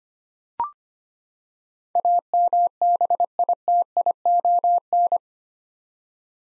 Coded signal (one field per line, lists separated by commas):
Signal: Morse code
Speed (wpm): 25 wpm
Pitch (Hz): 700 Hz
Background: none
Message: AMBITION